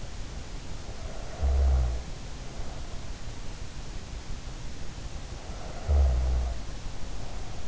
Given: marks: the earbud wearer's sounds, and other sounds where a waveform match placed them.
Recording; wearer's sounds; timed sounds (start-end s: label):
sounds in sleep by an in-ear microphone; snoring breath
0.93-2.90 s: snoring breath
5.28-7.68 s: snoring breath